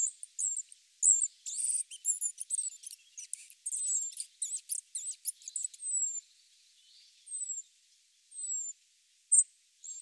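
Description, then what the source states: Spotted flycatcher calling: a busy burst of sharp, high chips and scratchy twitters, then thin, high whistles sliding downward, spaced a second or more apart. Recorded in Sardinia.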